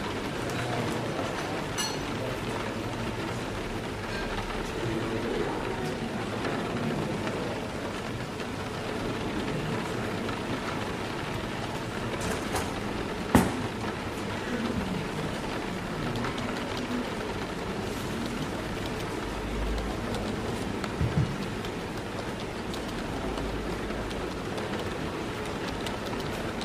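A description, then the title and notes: Rain patters steadily on a window while people chatter quietly, a dense, even murmur of voices that holds for the whole stretch. A sharp clink stands out near thirteen seconds, another around twenty-one, and a low rumble passes near eighteen seconds. Rainy Day Coffee Shop Ambience | Rain Sounds & Cafe Atmosphere. Rain patters on the window, people chatter quietly at their tables, and cups filled with warm coffee clink behind the bar.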